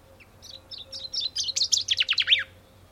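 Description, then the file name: Common chaffinch song: a short phrase of high notes that speeds up into a rapid rattle of descending notes. "Fringilla coelebs"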